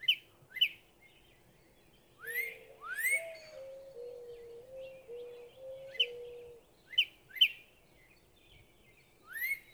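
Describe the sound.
Northern cardinal giving repeated sharp, rising whistled slurs, with a separate run of low, level tones in the middle.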